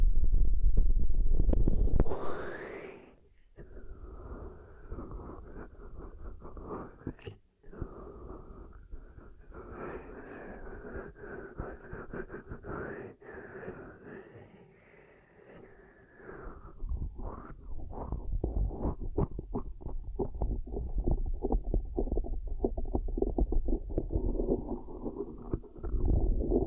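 ASMR ear cupping: loud muffled rubbing at the start, then soft hollow swishing with faint crackles, growing busier and rustly after sixteen seconds.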